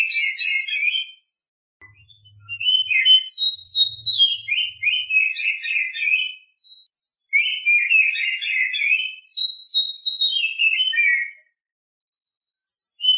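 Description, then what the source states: Oriental magpie-robin singing varied, fast whistled and warbled phrases, descending sweeps and dense chatter, in several long bursts with short silent gaps; a faint low hum briefly. Champion songbird.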